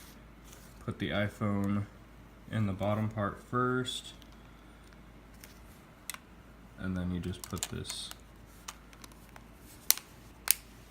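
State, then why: Seated. Someone talks while an iPhone X sits in the bottom shell of an Otterbox Defender rugged case and the plastic top shell is pressed onto it, with soft handling clicks in between. Two sharp snaps at 9.9 and 10.5 seconds mark the top shell locking onto the bottom shell, seating it so everything is secured.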